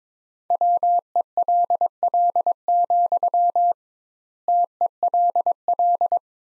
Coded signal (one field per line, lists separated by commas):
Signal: Morse code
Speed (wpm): 22 wpm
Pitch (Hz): 700 Hz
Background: none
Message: WELL, TELL